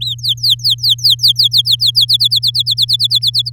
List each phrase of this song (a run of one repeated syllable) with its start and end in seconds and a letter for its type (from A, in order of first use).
0.01-2.05 A, 2.08-3.50 B